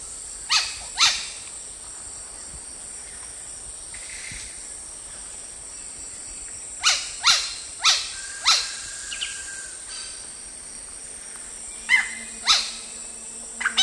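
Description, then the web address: Yellow-rumped cacique giving loud harsh, barking notes in short bursts of two to four, separated by pauses, with a faint steady high hiss behind. South America, eastern lowlands. "Natures Songs S America Eastern Lowlands. Yellow-rumped Cacique"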